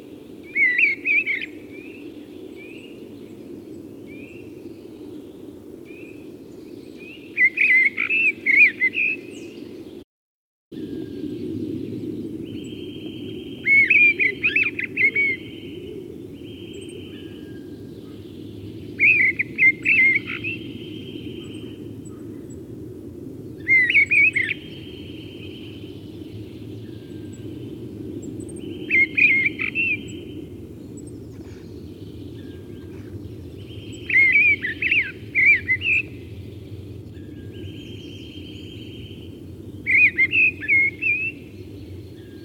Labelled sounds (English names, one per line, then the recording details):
Mistle Thrush song
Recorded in the wild
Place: Kuchelmiß, Mecklenburg-Vorpommern, DE
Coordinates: 53.667, 12.347
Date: 1982-04-02
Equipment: Nagra III BH, Sennheiser MD 21, parabola
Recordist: Schubert, Michael
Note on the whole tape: Präsenter Gesang einer Misteldrossel